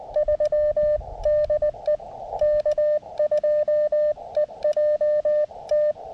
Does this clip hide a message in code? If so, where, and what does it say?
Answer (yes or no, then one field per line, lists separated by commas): yes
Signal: Morse code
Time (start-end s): 0.2-5.9 s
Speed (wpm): 19 wpm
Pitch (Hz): 600 Hz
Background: radio noise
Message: 3 DE K2EJT